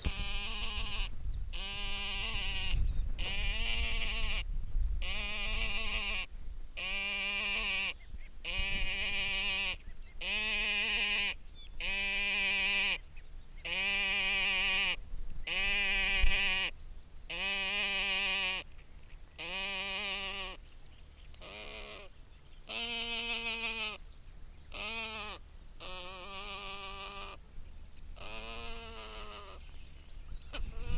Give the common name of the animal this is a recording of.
Great Crested Grebe